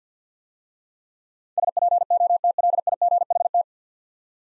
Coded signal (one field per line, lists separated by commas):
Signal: Morse code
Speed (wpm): 49 wpm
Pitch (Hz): 700 Hz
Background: none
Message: SPOTLIGHT